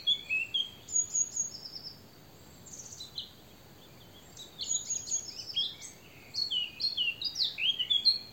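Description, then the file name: Eurasian blackcap song: quick, varied warbling phrases with a silent gap between them. "Sylvia atricapilla"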